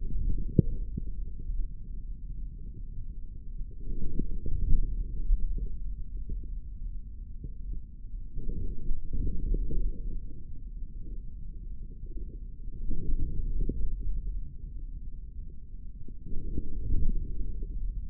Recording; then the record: forearm muscle sounds (acoustic myography)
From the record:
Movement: forearm pronation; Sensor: system 3, bracelet of six PUI Audio POM-2738L microphones around the upper forearm, with dedicated amplification and filtering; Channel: 6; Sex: male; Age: 23 years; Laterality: right